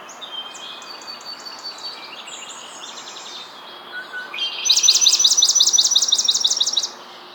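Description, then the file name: Swamp Sparrow trilled song: a steady, even trill of rapid repeated high notes lasting about two seconds, after softer, thin chirps. "Melospiza georgiana - Swamp Sparrow"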